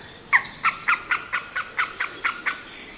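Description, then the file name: Eurasian jay giving a series of about ten harsh, raspy calls, evenly spaced roughly every quarter second, each a short burst with banded overtones. "Garrulus glandarius"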